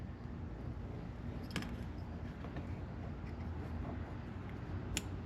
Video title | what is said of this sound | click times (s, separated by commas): Mercedes Sprinter Van Horn upgrade installation and review! | plug it until you hear the click and then don't forget to | 5.0 s